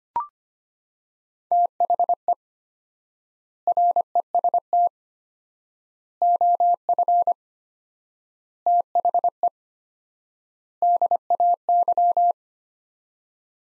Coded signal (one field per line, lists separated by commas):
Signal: Morse code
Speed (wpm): 25 wpm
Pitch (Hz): 700 Hz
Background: none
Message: THE REST OF THE DAY